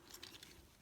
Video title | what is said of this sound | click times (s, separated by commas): Transformers Legacy Leader Class Laser Optimus Prime Review | at that point you can bring these arms around and they will click into these panels | 0.1 s, 0.2 s, 0.4 s